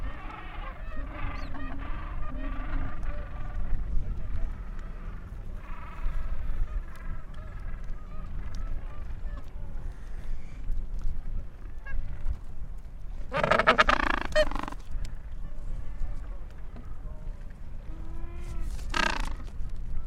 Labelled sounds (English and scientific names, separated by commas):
Gentoo Penguin (Pygoscelis papua) call